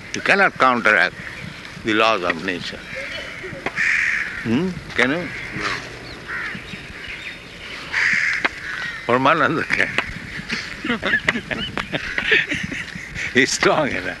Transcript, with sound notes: You cannot counteract the laws of nature. Hmm? Can you?
No.
[laughing] Brahmānanda can. [laughter] He is strong enough.